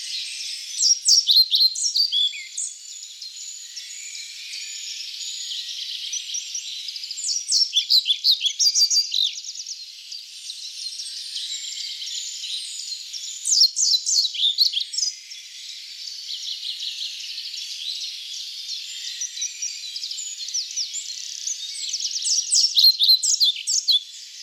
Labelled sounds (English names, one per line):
European Pied Flycatcher song